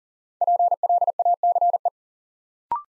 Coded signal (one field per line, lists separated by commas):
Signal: Morse code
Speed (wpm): 40 wpm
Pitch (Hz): 700 Hz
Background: none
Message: PLACE